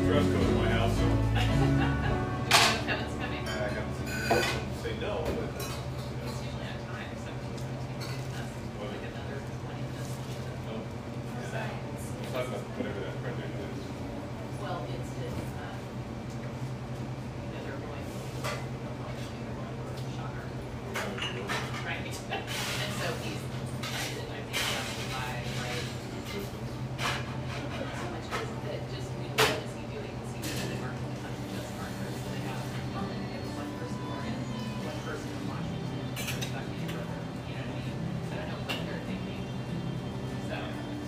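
Café sounds from a little drip coffee joint in eastern Seattle: a low, steady hum runs underneath a continuous murmur of overlapping voices. Sharp clinks and clatters of cups and dishes break through often, with a louder burst of them near the start.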